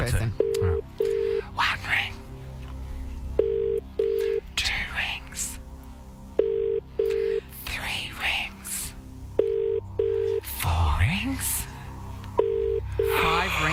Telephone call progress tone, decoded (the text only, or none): ringback tone